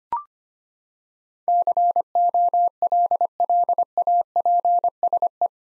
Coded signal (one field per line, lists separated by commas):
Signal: Morse code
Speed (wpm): 25 wpm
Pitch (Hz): 700 Hz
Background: none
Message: COLLAPSE